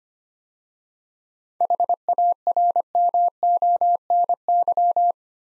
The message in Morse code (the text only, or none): HARMONY